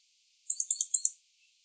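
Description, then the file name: Eurasian nuthatch call: three quick, high, buzzy notes run together in under a second, nothing else audible. "Sitta europaea"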